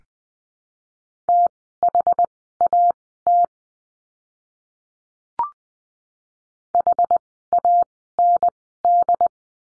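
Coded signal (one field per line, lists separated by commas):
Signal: Morse code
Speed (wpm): 20 wpm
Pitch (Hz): 700 Hz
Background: none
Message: THAT HAND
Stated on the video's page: Morse code course lesson drill at Farnsworth spacing, 20 wpm characters at 10 wpm overall, practising words with the letter W.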